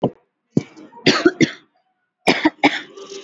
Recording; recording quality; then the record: shallow voluntary cough; excellent, no background noise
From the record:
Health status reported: COVID-19 positive, moderate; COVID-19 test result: positive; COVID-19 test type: RT-PCR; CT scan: not taken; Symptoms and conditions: cough, fever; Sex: female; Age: 45 years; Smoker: no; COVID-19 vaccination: one dose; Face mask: worn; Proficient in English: yes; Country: India